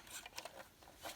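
A plastic agent-release label cover is being handled and pressed toward a fire alarm horn/strobe housing (a System Sensor L-Series notification device). Short plastic taps and rubbing sounds are heard, with sharp ticks near 0.3 s, 0.4 s and 0.5 s. Nothing has seated or clicked yet.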